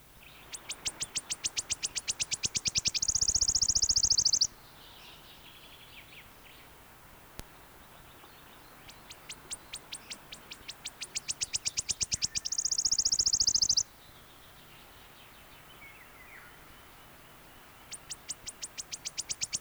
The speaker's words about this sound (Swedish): Det var ärtsångare, nu följer grönsångare.